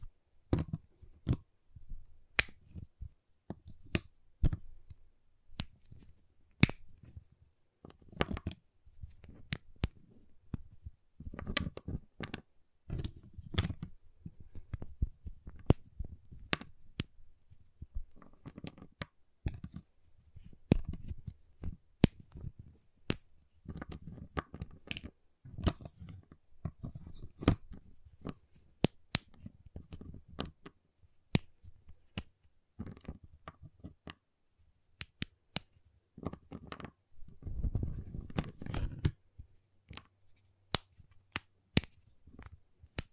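A giant chocolate bar is tapped, cut and snapped, giving a steady run of sharp, crisp clicks and cracks across the whole clip. The hits come in quick irregular clusters with short pauses, some louder snaps standing out, especially near the end.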